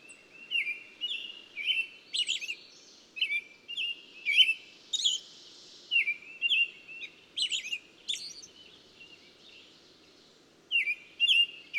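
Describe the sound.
Songbird giving a long run of short chirps and sliding whistled notes, going quiet briefly toward the end, then starting again; light low-pitched background noise.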